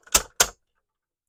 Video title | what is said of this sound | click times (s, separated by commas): Build the MEGAZORD from the Mighty Morphin Power Rangers - Pack 9 - Stages 75 - 85 | and just click in place like so. | 0.4 s